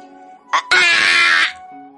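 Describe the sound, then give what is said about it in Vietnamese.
A brief yelp, then a loud, piercing scream of agony that holds for nearly a second before cutting off, over a faint, steady low hum. “Đang lúc Lăng Phong trầm ngâm, có tiếng hét thảm vang lên, sau đó là vài bóng người xuất hiện.”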